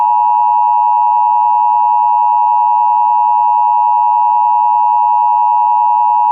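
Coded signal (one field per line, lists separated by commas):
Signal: Emergency Alert System (SAME) tones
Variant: 853 and 960 Hz attention tone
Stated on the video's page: Fictional EAS scenario using valid tones, shown on a NOAA weather radio screen.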